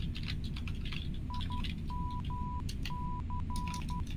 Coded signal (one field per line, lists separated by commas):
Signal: Morse code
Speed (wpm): 12 wpm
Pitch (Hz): 990 Hz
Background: none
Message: IMC